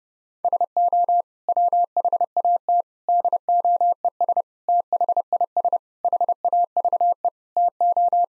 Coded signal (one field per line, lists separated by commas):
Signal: Morse code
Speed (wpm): 32 wpm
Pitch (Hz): 700 Hz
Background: none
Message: SO WHAT DOES THIS HAVE TO